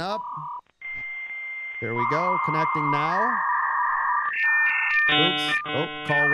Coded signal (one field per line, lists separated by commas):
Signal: dial-up modem handshake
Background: speech